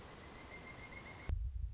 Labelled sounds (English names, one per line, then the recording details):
Pileated Woodpecker
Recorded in Sonoma County, California